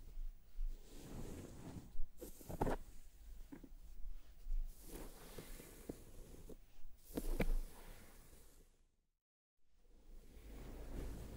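Scalp massage and hair brushing, heard as soft, dense rubbing and scratching that rises and falls in strokes. Brighter brushing swishes come around 2, 5 and 7 seconds, with small clicks scattered through. The sound drops to near silence briefly around 9 seconds before resuming.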